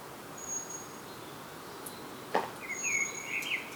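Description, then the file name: Common blackbird giving short, thin twittering notes in the last second and a half, with a faint high whistle earlier and steady background hiss. "Turdus merula"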